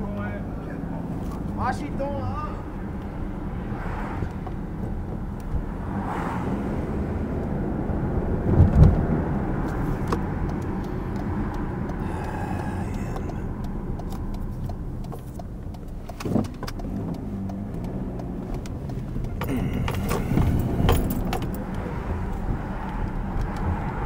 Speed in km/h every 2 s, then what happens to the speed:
23, 24, 24, 37, 42, 34, 24, 6, 13, 18, 24, 26.
0-5 steady at about 24. 5-8 speeds up to 42. 9-15 brakes to 6. 15-20 speeds up to 24.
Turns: 15-20.